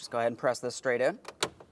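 A plastic headlight switch housing for a 1999-2006 Chevrolet Silverado 1500 is being pressed straight into the dashboard opening, where its retaining clips are meant to snap in all the way around. Someone talks while handling it, followed by a few faint handling sounds. Nothing has seated or clicked yet.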